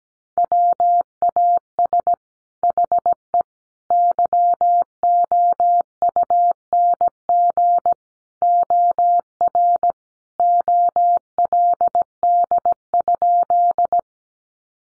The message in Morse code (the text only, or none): WAS HE YOUNG OR OLD?